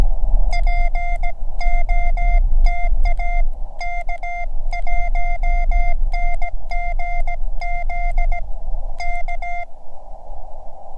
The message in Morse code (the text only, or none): POTA K1NGZ K